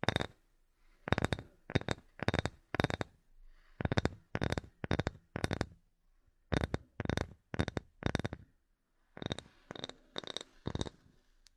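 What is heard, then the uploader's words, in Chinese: Knocking taps come in short bursts of two to five strikes, each one sharp and bright with a quick decay. The groups are separated by brief pauses of about a second, and the final bursts are slightly softer. Between them there is near silence. 舒缓解压的敲击音。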